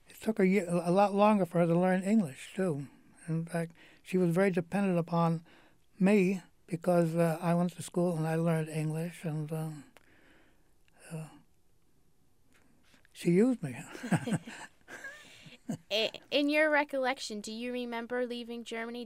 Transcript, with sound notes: took her a lot longer to learn English too, in fact she was very dependent upon me because I went to school and I learned English and, she used me. (he laughs)
In your recollection do you remember leaving Germany.